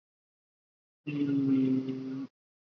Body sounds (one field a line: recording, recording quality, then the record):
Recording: sustained vowel as in beet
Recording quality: excellent, no background noise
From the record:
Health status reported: COVID-19 positive, mild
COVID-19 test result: positive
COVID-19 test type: RT-PCR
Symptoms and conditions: cough, sore throat, fever, fatigue, muscle pain, loss of smell and taste, asthma, hypertension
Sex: male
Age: 30 years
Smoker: yes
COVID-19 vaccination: both doses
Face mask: worn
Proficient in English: yes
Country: India